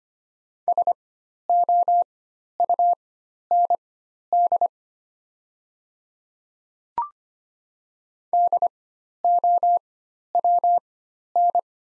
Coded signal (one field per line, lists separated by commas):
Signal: Morse code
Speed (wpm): 25 wpm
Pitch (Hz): 700 Hz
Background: none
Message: SOUND DOWN